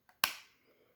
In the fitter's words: And then once you get it down like that, you'll see that there's a little angle. It'll just click into place